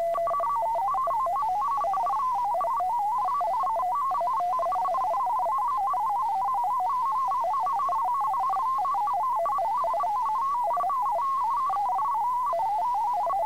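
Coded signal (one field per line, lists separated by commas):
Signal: multi-tone FSK (Olivia or MFSK type)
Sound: fast warbling chain of short pitched tones hopping around 1 kHz, with faint steady whistle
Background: faint steady tone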